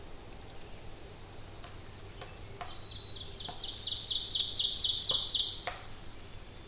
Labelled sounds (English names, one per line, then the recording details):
Ovenbird song
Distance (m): 20 m
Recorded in boreal forest in Alberta, Canada, on 26 May 2016 at 08:54
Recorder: SongMeter 3, array SBT-3-15
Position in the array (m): 56 m, 211 m
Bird 20